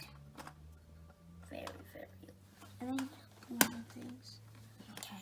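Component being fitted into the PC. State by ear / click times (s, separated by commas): seated / 5.0 s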